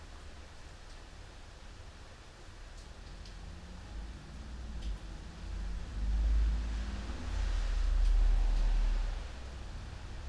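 Rain heard from indoors at home, a steady soft hiss spread evenly across the clip. A deep rumble swells from about six seconds, loudest near eight seconds, like a vehicle passing outside, then fades. Faint ticks of drops appear now and then.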